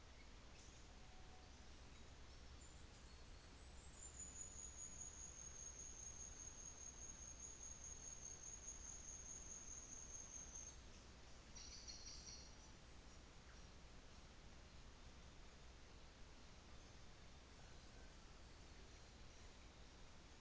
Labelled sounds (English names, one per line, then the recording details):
New Zealand Fantail
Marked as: faintness 1/5
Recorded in New Zealand on 24 December 2018
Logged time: 15:45